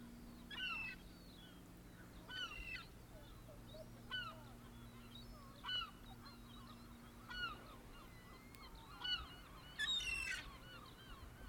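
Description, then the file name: Gulls calling, sharp harmonic yelps spaced every second or two with a few fainter cries between, over a low steady hum. "Seagulls"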